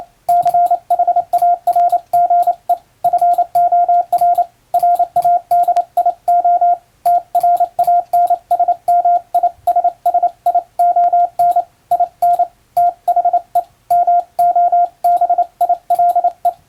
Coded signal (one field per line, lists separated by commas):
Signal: Morse code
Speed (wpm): 27 wpm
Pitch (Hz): 700 Hz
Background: radio noise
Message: CHARGE FOR RADIO TRANSMISSION IN THE MOBILE